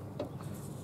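A spark plug wire boot coated with dielectric grease is pushed onto a Jeep's spark plug or coil terminal until its internal clip snaps on. Over a steady low hum, clicks are heard at 0.2 s and 0.4 s, and someone talks. The boot is confirmed seated.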